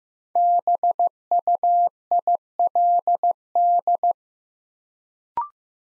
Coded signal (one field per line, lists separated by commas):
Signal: Morse code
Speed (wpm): 15 wpm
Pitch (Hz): 700 Hz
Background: none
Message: BUILD